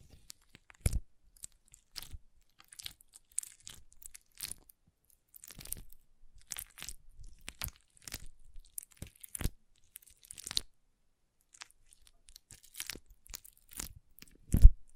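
Water beads crackle and squish in short, sharp bursts against near silence. The crunchy pops come irregularly, sometimes in quick clusters and sometimes spaced apart, with a quiet gap around twelve seconds and a louder burst near the end.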